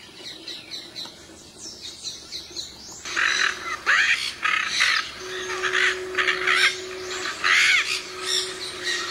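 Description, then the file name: Yellow-collared macaw screeching repeatedly with rough, raspy calls after a quieter start with thin chatter. "canto da maracana de colar"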